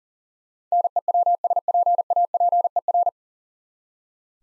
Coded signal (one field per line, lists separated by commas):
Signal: Morse code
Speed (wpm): 40 wpm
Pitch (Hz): 700 Hz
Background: none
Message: NEWSPAPER